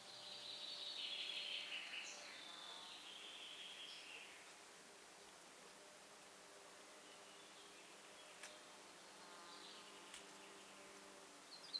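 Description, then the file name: Common chaffinch song phrase, a quiet descending trill over roughly four seconds, then mostly soft background hiss with a few faint clicks and chirps. "Fringilla coelebs"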